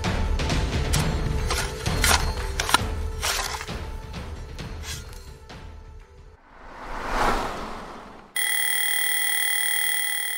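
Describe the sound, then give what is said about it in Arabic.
A jumble of clattering knocks and bangs gives way to a swelling whoosh, then an alarm clock bell suddenly rings to start a new day, loud, steady and unbroken, until the end. No one speaks. “بكر يبدأ يوما جديدا، حينما يدق جرس المنبه، وحينما ينقطع خيط الحلم بمقص الرقيب، وحينما يخترق الرنين خلايا مخك لينفض خلية خلية.”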